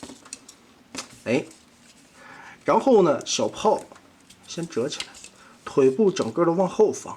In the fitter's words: 插到底，咯嘣一下锁住它。